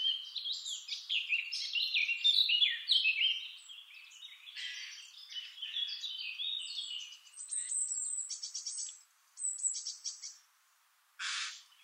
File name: Sylvia atricapilla